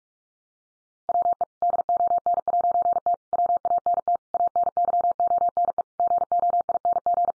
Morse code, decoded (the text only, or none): WE DON'T WANT ANYONE GOING